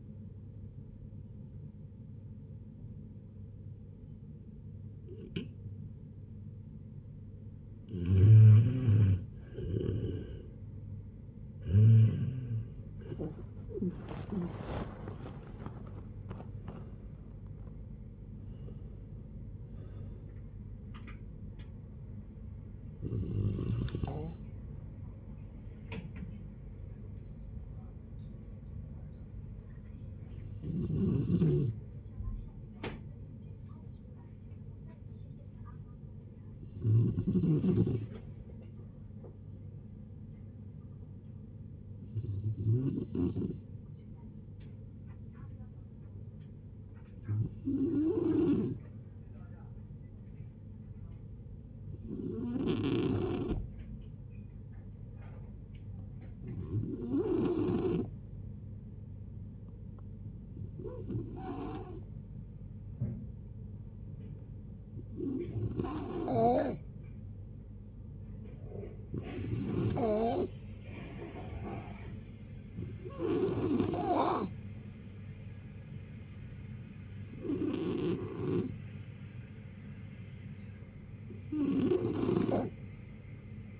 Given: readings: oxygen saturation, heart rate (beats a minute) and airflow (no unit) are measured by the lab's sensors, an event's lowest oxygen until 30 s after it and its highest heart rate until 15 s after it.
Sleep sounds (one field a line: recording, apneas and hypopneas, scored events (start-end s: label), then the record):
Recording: a person awake in a sleep study, by a smartphone at the bedside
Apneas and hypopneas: none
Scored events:
0.00-83.80 s: awake
0.00-83.80 s: awake
From the record:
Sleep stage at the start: awake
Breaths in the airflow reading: 30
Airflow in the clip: -0.7 to 0.6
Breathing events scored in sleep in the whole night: 496 in 5.4 hours asleep